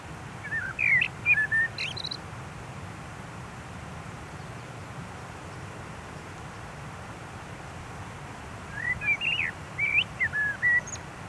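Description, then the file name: Common blackbird calls: two bursts of short, squeaky chirps, one near the start and one near the end, with a steady low background rumble between. "Turdus merula"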